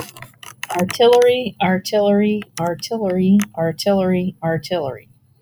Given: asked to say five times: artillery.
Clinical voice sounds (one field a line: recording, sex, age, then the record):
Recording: repeated word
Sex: female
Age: 40 to 49 years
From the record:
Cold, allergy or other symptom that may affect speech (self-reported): no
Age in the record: 46 years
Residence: Pennsylvania, United States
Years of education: 16